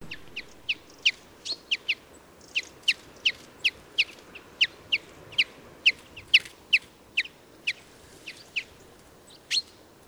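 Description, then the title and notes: Common Chaffinch giving many short, sharp call notes in a steady series, over a constant background hiss. "Common Chaffinch Fringilla c. coelebs. Brinnis, Germany, Mathias Putze"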